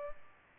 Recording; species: mosquito wingbeat signal from an infrared sensor; Culex pipiens